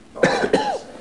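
Two short, harsh coughs in quick succession from an adult.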